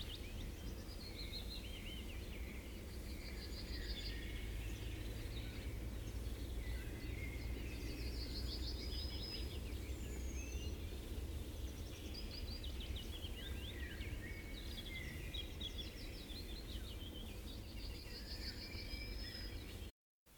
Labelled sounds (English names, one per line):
Yellowhammer song